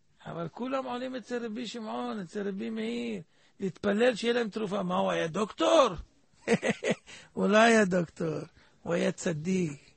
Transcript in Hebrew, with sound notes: אבל כולם עולים אצל רבי שמעון, אצל רבי מאיר, להתפלל שיהיה להם תרופה. מה הוא היה דוקטור? (צוחק) הוא לא היה דוקטור, הוא היה צדיק.